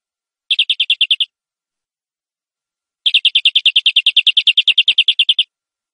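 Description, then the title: Canary song: a short rapid trill, a pause, then a longer even trill of bright repeated notes, clean background. Champion-winning canary with a lively, continuous song style (gacor). "Suara Kenari Gacor Suara Kicau Burung Kenari Gacor Juara 1"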